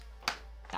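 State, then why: Seated. A plastic easy clip is pressed into the side of a terrain tile and snaps in with a sharp, bright click at 0.3 s, followed by a softer tap around 0.8 s. The clip locks into place.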